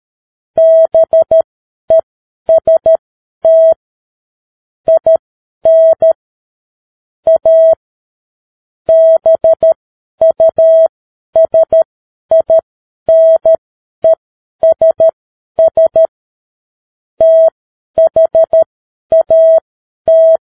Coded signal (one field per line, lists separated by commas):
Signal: Morse code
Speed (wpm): 13 wpm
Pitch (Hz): 650 Hz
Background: none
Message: BEST IN A BUSINESS THAT